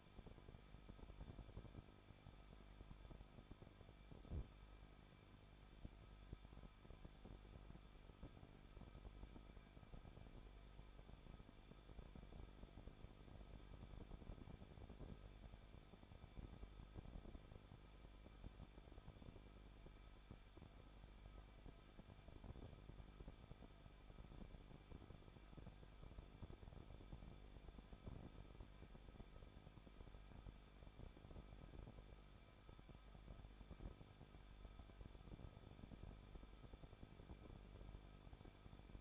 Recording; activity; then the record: daily activity, microphone in the room; no activity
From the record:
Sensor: 5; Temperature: 20.8 degrees Celsius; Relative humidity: 38.5%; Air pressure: 1006.5 hPa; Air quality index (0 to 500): 191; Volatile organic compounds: 20 ppm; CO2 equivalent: 2701 ppm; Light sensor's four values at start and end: 2/3/1/1 and 2/3/1/1